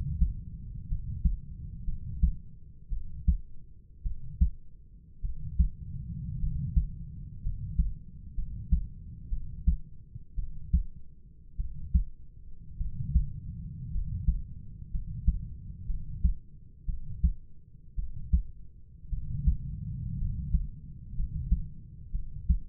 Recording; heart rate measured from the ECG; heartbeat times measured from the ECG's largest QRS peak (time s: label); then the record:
heart sounds by stethoscope; 57 bpm
0.88 s: heartbeat
1.85 s: heartbeat
2.90 s: heartbeat
4.03 s: heartbeat
5.22 s: heartbeat
6.40 s: heartbeat
7.42 s: heartbeat
8.35 s: heartbeat
9.29 s: heartbeat
10.36 s: heartbeat
11.57 s: heartbeat
12.78 s: heartbeat
13.91 s: heartbeat
14.91 s: heartbeat
15.87 s: heartbeat
16.86 s: heartbeat
17.96 s: heartbeat
19.10 s: heartbeat
20.18 s: heartbeat
21.15 s: heartbeat
22.12 s: heartbeat
From the record:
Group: healthy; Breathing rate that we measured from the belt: 9 breaths a minute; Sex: male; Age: 25 years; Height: 170 cm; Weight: 70.4 kg